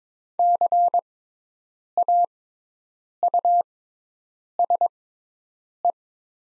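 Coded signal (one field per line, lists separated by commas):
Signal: Morse code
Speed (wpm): 22 wpm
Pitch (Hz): 700 Hz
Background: none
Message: CAUSE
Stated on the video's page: Morse practice of the top 200 words at 22 wpm with Farnsworth-style 6x character spacing.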